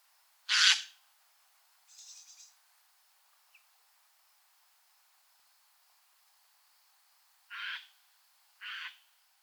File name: Garrulus glandarius